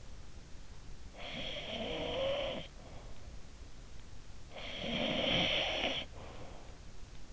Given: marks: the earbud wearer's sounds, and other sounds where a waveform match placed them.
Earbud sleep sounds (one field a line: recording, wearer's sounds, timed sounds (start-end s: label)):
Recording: sounds in sleep by an in-ear microphone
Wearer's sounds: snoring breath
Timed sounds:
0.84-3.34 s: snoring breath
4.21-6.84 s: snoring breath